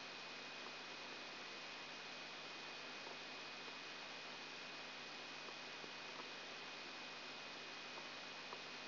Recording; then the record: brain microelectrode recording played as sound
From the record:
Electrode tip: outside the subthalamic nucleus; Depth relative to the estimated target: -4 mm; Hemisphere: right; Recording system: AlphaMap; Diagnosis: Parkinson's disease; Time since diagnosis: 9 years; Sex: male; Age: 53 years